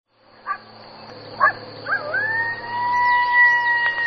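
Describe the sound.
Coyote calling: a few short sharp yips, then a long steady howl holding level, with wavering notes near the end.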